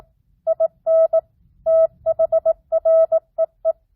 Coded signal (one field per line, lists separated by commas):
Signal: Morse code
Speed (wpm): 18 wpm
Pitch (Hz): 650 Hz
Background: none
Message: IN THREE